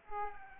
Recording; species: mosquito wingbeat signal from an infrared sensor; Aedes aegypti